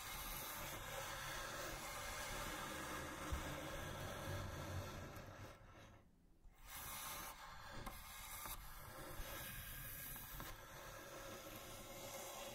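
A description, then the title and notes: Slow scratching and tracing across a wooden box, a steady rough scraping that fills the clip with dense grainy texture. Around six seconds the sound briefly drops to near silence before the scratching resumes, with a few short brighter strokes near eight and ten seconds. Wooden Box Slow Scratching and Tracing (NO TALKING).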